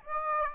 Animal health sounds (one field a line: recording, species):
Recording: mosquito wingbeat signal from an infrared sensor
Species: Aedes aegypti